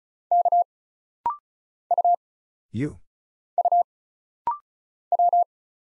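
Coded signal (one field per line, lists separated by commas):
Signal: Morse code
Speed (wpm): 36 wpm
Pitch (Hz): 700 Hz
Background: none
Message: K U U W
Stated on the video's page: Rapid-fire Morse drill of single letters, numbers, punctuation and prosigns at 35 wpm for instant character recognition.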